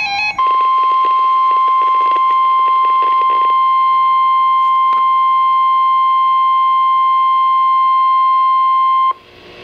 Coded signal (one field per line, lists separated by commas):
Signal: Emergency Alert System (SAME) tones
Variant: 1050 Hz attention tone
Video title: Special Marine Warning (EAS #649) [HD]